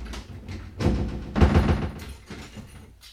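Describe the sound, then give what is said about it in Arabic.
A room door is pushed shut on a girl locked inside with a heavy, low thud, followed by a rough scraping and clatter as a bolt is worked into place, then a few quieter knocks. “وأغلقوا عليها الباب وأحكموا الرتاج”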